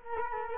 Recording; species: mosquito wingbeat signal from an infrared sensor; Culex quinquefasciatus